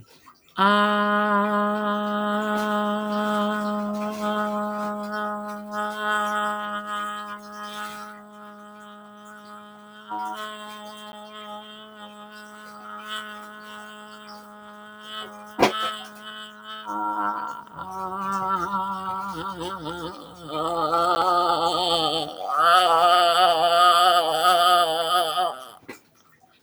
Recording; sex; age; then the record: vowel held as long as possible; female; 40 to 49 years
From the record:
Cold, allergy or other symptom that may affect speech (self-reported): no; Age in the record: 47 years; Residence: Missouri, United States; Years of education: 16